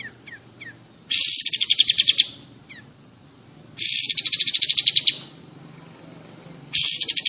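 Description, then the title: Pied Triller song of rapid, harsh pulsed bursts about a second long, repeated every few seconds, with faint short chirps in between. Song in the besetan style. "Besetan Kapas Tembak. Kapas Tembak Ini Besetannya Parah Kawan"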